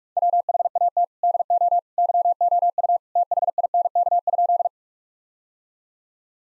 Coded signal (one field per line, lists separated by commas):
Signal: Morse code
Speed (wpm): 41 wpm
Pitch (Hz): 700 Hz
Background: none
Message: WHAT DO YOU THINK?